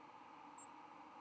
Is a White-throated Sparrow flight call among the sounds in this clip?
no